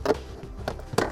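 With the hood latch open, a plastic interior trim panel is pulled away from the body of a 2015 Ford F-350 Super Duty, and its retaining clips pop free one after another in sharp snaps near 0.1 s, 0.7 s and 0.8 s. The last clip, at the top, clicks loose at 1.0 s, releasing the panel.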